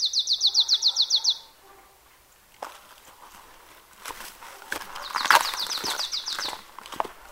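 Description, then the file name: Marsh tit, a quick series of bright, high notes in a dry trill, then rustling and footstep-like crunches, followed by a second trill. "Poecile palustris"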